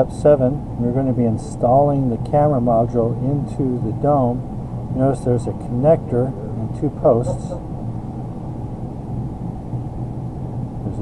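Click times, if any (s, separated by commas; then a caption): none. Someone talks while a camera pan/tilt module for a CohuHD 3720HD rugged dome surveillance camera is held and lined up over the dome housing's connector and two alignment posts, ready to be pushed in. A steady low hum runs underneath, with no sudden sounds. Nothing has seated or clicked yet.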